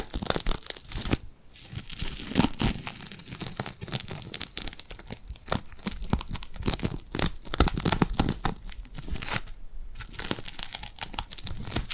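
Tacky, crackling sounds of glued hands being pressed and pulled apart, like sticky peeling and tearing. The crackle is dense and nearly continuous, with rapid bursts throughout and brief pauses near 1 and 10 seconds.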